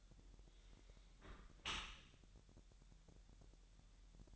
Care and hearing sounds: daily activity, microphone in the room; close dishwasher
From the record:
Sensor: 3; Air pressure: 1000.5 hPa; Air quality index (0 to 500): 248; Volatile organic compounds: 174 ppm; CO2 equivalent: 4119 ppm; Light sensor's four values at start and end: 10/24/10/9 and 10/24/10/10

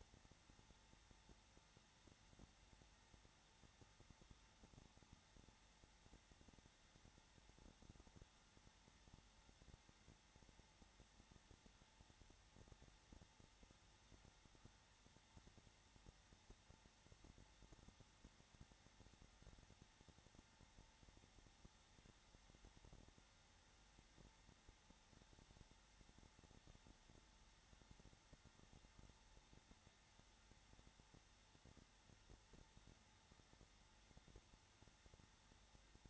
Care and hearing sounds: daily activity, microphone in the room; no activity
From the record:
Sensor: 3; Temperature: 21.3 degrees Celsius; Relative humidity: 33.3%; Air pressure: 994.5 hPa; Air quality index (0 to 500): 168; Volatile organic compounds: 3 ppm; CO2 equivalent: 1461 ppm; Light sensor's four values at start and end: 2/3/2/2 and 2/3/2/2

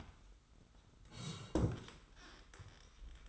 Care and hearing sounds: daily activity, microphone in the room; sit down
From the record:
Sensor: 3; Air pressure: 990.4 hPa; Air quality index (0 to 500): 168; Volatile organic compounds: 1000 ppm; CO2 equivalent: 5433 ppm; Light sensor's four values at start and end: 46/108/44/42 and 46/108/44/42

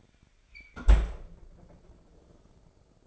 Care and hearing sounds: daily activity, microphone in the room; close fridge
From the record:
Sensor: 5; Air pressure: 995.4 hPa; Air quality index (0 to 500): 97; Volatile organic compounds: 6 ppm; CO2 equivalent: 1846 ppm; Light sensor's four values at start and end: 37/88/36/36 and 35/84/34/34

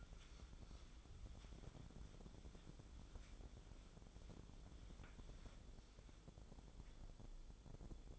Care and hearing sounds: daily activity, microphone in the room; wipe stove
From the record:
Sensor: 5

